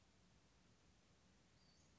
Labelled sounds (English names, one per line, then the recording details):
Western Flycatcher
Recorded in Sonoma County, California